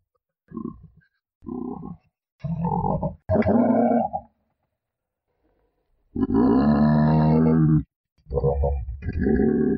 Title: El Grunido De Una Jirafa. Рычание жирафа